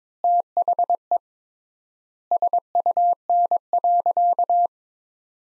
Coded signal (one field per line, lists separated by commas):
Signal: Morse code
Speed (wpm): 22 wpm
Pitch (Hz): 700 Hz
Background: none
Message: THE SUN.